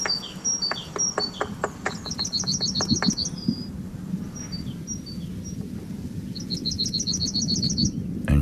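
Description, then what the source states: Great tit with brisk clicking taps early on, then quick series of high, thin repeated notes that pause and return, over a low, steady rumbling background. In a garden in Groningen, thoroughly inspecting a nest box in spring, described as spring cleaning and a small renovation; a cosy sound.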